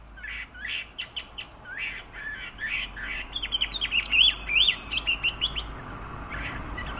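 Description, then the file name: Chinese hwamei song, varied whistled phrases starting softer and growing into a quick, fluty run of repeated notes over a steady background hiss. "Garrulax canorus"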